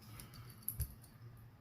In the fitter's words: and we're good so we're locked back in